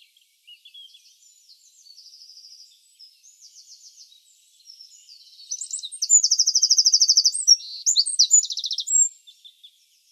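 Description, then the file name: Eurasian wren song: soft scattered high notes for five seconds, then a loud rapid rattling trill with sharp chips, ending around nine seconds; no other sounds. "Troglodytes troglodytes"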